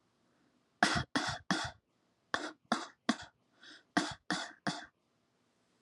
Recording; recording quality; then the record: shallow voluntary cough; excellent, no background noise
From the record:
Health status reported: healthy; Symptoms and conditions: none ticked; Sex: female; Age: 28 years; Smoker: not ticked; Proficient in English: yes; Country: United States